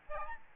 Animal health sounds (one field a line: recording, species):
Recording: mosquito wingbeat signal from an infrared sensor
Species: Aedes albopictus